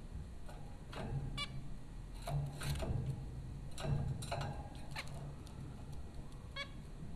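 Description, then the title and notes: Zebra finch calls: a handful of brief nasal notes, spaced irregularly over a constant low-pitched hum. Zebra finches at Popcorn School, Flatbush, Brooklyn, New York, April 15, 2009. "Dronecast: The Popcorn Finches Four from Apr 15, 2009. Zebra finches recorded by Dan Bodah at Popcorn School, Flatbush, Brooklyn NY in April 2009"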